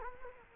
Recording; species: mosquito wingbeat signal from an infrared sensor; Culex quinquefasciatus